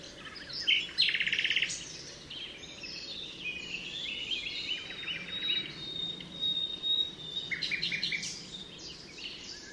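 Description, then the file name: Common nightingale song in loud bursts of rapid repeated notes and buzzy trills, high-pitched and varied, separated by quieter passages over a busy background. Altmühlsee, Germany, 27 April 2014. "Nachtigall. Altmuehlsee. Susanne Rieck"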